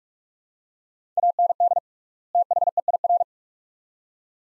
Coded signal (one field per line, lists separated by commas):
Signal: Morse code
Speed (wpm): 42 wpm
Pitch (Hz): 700 Hz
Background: none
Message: AND THEIR